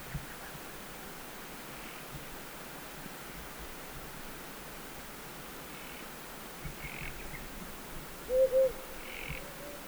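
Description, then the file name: Himalayan wood owl giving a quick pair of low hoots near the end, over steady background hiss with faint higher calls scattered through. Hu Ping Shan, Hunan, China, 2 July 2012. "Himalayan Wood Owl 120702 China Hunan Hu Ping Shan"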